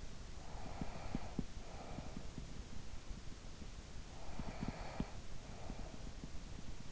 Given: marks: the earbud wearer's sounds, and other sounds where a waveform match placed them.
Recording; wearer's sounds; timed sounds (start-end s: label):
sounds in sleep by an in-ear microphone; breath
0.00-3.08 s: breath
3.91-6.45 s: breath